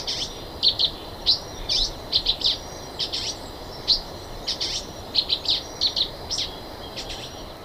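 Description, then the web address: Silver-beaked tanager singing a busy run of thin, high clipped notes, some doubled, spaced unevenly across several seconds with soft hiss underneath. Song, eastern lowlands of South America. "Natures Songs S America Eastern Lowlands. Ramphocelus carbo, song"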